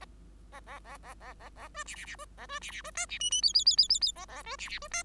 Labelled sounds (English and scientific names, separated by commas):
Bengalese Finch (Lonchura striata domestica) song